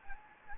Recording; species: mosquito wingbeat signal from an infrared sensor; Anopheles gambiae